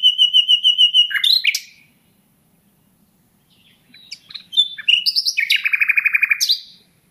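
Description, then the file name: Common nightingale: rapid repeated whistled notes open, a silent gap follows, then varied chirps and a loud rattling trill. "Luscinia megarhynchos"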